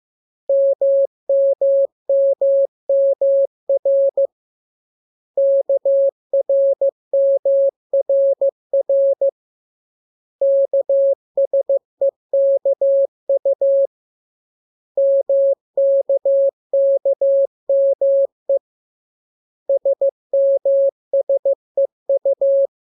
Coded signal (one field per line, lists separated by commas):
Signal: Morse code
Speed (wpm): 15 wpm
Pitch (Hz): 550 Hz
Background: none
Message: MMMMR KRMRR KSEKU MKKME SMSEU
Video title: Learning Morse Code. Lesson 5. Letter KMURES